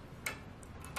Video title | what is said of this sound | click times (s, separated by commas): etrailer - Review of B and W Fifth Wheel - Sliding Fifth Wheel - BWRVK3770 | drop your PIN through there clip it and then you're locked into place you're all ready to go | 0.3 s